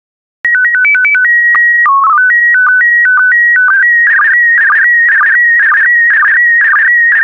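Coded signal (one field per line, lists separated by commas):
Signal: SSTV (slow-scan television)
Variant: PD 120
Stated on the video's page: SSTV images in PD120 mode.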